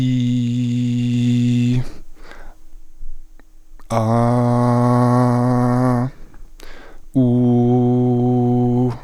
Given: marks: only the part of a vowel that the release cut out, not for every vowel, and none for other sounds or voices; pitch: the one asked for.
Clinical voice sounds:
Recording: sustained vowels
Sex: male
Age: 20 to 29 years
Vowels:
0.00-1.66 s: vowel /i/, normal pitch
4.20-5.90 s: vowel /a/, normal pitch
7.36-8.76 s: vowel /u/, normal pitch
From the record:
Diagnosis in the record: healthy voice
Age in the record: 21 years

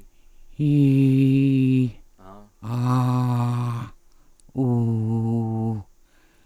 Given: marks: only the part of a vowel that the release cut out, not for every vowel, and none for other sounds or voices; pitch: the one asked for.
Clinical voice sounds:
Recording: sustained vowels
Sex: female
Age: 70 to 79 years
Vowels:
0.71-1.70 s: vowel /i/, low pitch
2.79-3.68 s: vowel /a/, low pitch
4.68-5.66 s: vowel /u/, low pitch
From the record:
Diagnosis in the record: intubation injury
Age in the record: 70 years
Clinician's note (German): Zustand danach, stroboskopisch unregelmäßiges Schwingungsbild

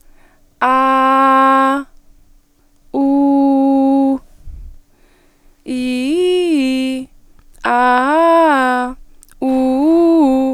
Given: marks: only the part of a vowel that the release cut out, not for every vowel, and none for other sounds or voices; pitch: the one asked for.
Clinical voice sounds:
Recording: sustained vowels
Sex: female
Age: 18 to 19 years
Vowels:
0.66-1.71 s: vowel /a/, high pitch
3.00-4.12 s: vowel /u/, high pitch
5.82-6.84 s: vowel /i/, low-high-low pitch
7.98-8.82 s: vowel /a/, low-high-low pitch
9.47-10.24 s: vowel /u/, low-high-low pitch
From the record:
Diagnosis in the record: healthy voice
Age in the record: 19 years

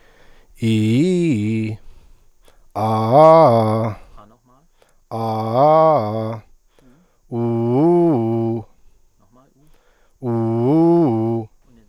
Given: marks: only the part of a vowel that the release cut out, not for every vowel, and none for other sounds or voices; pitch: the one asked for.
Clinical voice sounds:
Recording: sustained vowels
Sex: male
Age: 30 to 39 years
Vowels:
0.68-1.35 s: vowel /i/, low-high-low pitch
5.16-6.30 s: vowel /a/, low-high-low pitch
10.30-11.36 s: vowel /u/, low-high-low pitch
From the record:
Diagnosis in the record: healthy voice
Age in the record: 30 years

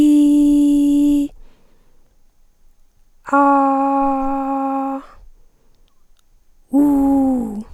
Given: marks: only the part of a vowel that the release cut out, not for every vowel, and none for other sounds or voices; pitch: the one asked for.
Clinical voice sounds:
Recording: sustained vowels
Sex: female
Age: 60 to 69 years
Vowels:
0.00-1.15 s: vowel /i/, normal pitch
3.37-4.91 s: vowel /a/, normal pitch
6.76-7.37 s: vowel /u/, normal pitch
From the record:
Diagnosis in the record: recurrent laryngeal nerve paralysis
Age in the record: 61 years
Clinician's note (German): Links, ohne Kompensation

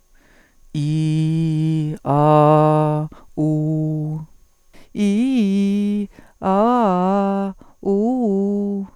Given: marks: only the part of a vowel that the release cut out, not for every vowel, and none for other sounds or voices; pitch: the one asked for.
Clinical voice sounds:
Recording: sustained vowels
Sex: female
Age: 40 to 49 years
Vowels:
0.89-1.84 s: vowel /i/, low pitch
2.20-2.87 s: vowel /a/, low pitch
3.46-4.10 s: vowel /u/, low pitch
5.11-5.96 s: vowel /i/, low-high-low pitch
6.53-7.40 s: vowel /a/, low-high-low pitch
7.96-8.73 s: vowel /u/, low-high-low pitch
From the record:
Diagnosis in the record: healthy voice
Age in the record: 47 years

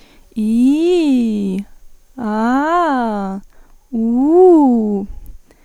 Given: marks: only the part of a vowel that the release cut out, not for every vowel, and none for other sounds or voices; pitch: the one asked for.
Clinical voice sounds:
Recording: sustained vowels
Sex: female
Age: 20 to 29 years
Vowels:
0.51-1.50 s: vowel /i/, low-high-low pitch
2.40-3.27 s: vowel /a/, low-high-low pitch
4.05-4.97 s: vowel /u/, low-high-low pitch
From the record:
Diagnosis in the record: healthy voice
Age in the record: 20 years

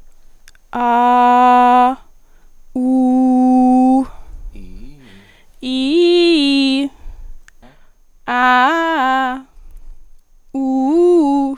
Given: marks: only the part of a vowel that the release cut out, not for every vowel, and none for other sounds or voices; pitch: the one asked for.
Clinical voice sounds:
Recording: sustained vowels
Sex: female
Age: 20 to 29 years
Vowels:
0.87-1.79 s: vowel /a/, low pitch
2.88-3.91 s: vowel /u/, low pitch
5.76-6.70 s: vowel /i/, low-high-low pitch
8.44-9.21 s: vowel /a/, low-high-low pitch
10.64-11.42 s: vowel /u/, low-high-low pitch
From the record:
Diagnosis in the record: median neck cyst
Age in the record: 25 years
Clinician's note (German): Unauffälliger stroboskopischer Befund

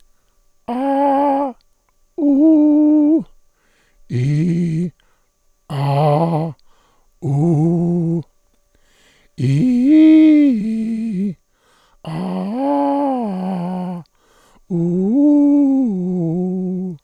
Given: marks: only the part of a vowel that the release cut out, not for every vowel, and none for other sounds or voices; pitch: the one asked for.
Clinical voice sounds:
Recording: sustained vowels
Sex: male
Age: 60 to 69 years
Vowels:
0.90-1.40 s: vowel /a/, high pitch
2.43-3.10 s: vowel /u/, high pitch
5.87-6.42 s: vowel /a/, low pitch
9.47-11.03 s: vowel /i/, low-high-low pitch
12.16-13.84 s: vowel /a/, low-high-low pitch
14.81-16.79 s: vowel /u/, low-high-low pitch
From the record:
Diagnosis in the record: contact pachydermia, monochorditis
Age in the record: 67 years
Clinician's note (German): Monochorditis links

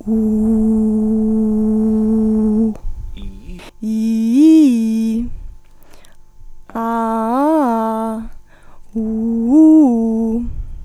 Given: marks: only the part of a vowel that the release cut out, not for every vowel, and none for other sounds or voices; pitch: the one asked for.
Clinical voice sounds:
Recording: sustained vowels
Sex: female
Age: 40 to 49 years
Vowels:
0.36-2.32 s: vowel /u/, low pitch
3.94-5.07 s: vowel /i/, low-high-low pitch
6.88-8.14 s: vowel /a/, low-high-low pitch
9.08-10.28 s: vowel /u/, low-high-low pitch
From the record:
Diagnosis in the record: phonasthenia (vocal fatigue)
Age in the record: 43 years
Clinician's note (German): Ausgeprägte Phonasthenie mit psychogener Komponente

